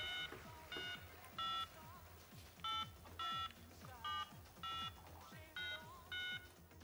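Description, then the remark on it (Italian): A telephone being dialed: about nine short, bright touch-tone beeps at an uneven pace, each a steady two-note chirp, standing out over a busy, rumbling background. “dammi un telefono. C'è da chiama.”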